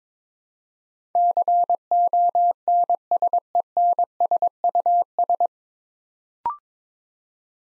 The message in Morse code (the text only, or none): CONSENSUS